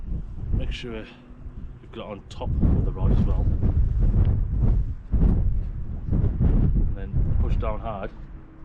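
Someone talks while handling a fishing rod tip light, lining it up on top of the rod tip before pushing it down hard, with steady wind-like rumble throughout. Nothing has seated or clicked yet; the clip ends just before the tip light goes home.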